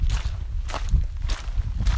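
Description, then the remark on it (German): Four squelching footsteps on soggy ground along the Pfirsichweg path, evenly paced about two-thirds of a second apart, each a wet, smacking squish over a steady low rumble. “Also wir sind auf dem Pfirsichweg, weil hier ist echt, obwohl man hört auch gerade noch, bis später hört ihr die saftigen Schritte.”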